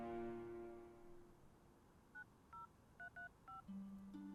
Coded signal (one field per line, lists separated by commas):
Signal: DTMF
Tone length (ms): 130 ms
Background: music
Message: 90335